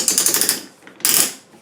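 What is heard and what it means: A metal suppressor is slid over the quick-detach mount on a barrel and screwed on, and its ratchet latch clicks repeatedly as it tightens, with sharp metallic clicks at 0.1, 0.2, 0.3, 0.5, 0.9 and 1.1 seconds. The clicks stop when the suppressor is fully seated on the mount.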